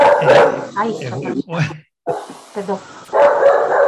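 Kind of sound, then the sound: animal, dog barking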